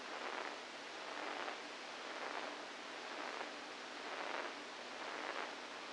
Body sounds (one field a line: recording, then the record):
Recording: brain microelectrode recording played as sound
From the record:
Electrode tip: inside the subthalamic nucleus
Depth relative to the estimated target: -4 mm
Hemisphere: right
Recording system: NeuroSet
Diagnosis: Parkinson's disease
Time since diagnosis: 7 years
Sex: female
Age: 68 years